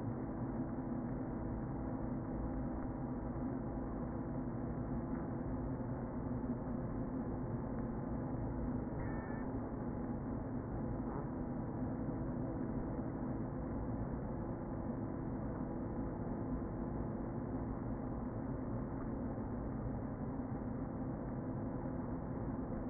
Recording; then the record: honeybee colony, microphone inside the hive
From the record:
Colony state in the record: queen present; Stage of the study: before two queens were removed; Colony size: about 60,000 bees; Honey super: yes